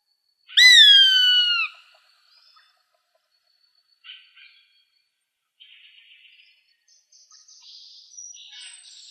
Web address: Birds of Prey AZFO GRHA deviche 070806